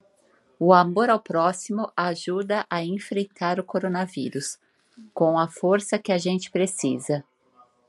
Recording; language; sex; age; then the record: spoken sentence; Brazilian Portuguese; female; 40 to 49 years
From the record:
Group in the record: control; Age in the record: 40 years